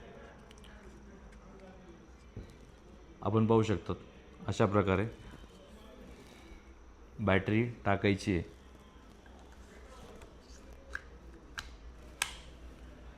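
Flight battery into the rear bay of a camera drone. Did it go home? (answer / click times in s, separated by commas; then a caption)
yes / 12.2 s. Someone talks while a flight battery is pushed into the rear bay of a DJI Air 3S camera drone, a plastic battery sliding into the plastic drone housing. Quieter ticks from handling and sliding come at about 11.0 and 11.6 s, then a loud, sharp click at 12.2 s. That click is the sound that means the battery is fitted and seated.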